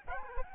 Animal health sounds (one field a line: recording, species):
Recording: mosquito wingbeat signal from an infrared sensor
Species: Aedes albopictus